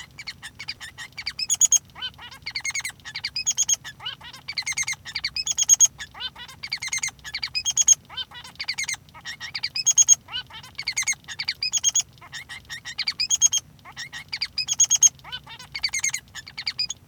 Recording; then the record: song of a male Bengalese finch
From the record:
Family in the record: son of father 3